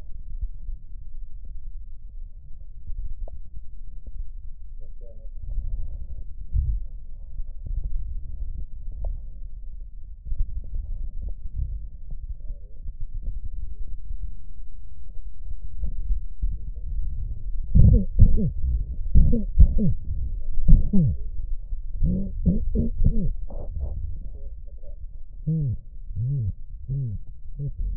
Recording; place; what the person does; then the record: lung sounds by stethoscope; left posterior basal chest; quiet breathing, then cough and speech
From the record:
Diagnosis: COPD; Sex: male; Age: 70 years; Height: 170 cm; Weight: 74 kg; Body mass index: 25.6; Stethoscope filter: extended mode